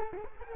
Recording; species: mosquito wingbeat signal from an infrared sensor; Culex quinquefasciatus